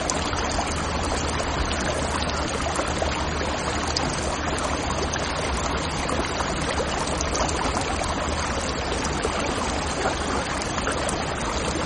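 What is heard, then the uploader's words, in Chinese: A small stream runs beside a hillside in the early morning, its water rushing and splashing in a dense, unbroken wash of sound. The flow stays steady for the whole stretch, with a faint low hum underneath and bright spattering on top. 清晨山野边的小溪。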